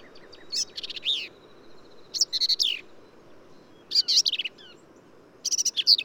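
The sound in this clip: Black-capped Vireo song of four chattering, buzzy phrases with slurred descending notes, spaced less than two seconds apart, a thin steady tone faintly behind.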